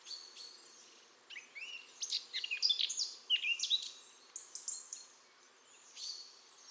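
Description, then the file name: Eurasian blackcap song: a scratchy, jumbled warble of quick high notes rising and falling, with a louder stretch midway. "Sylvia atricapilla"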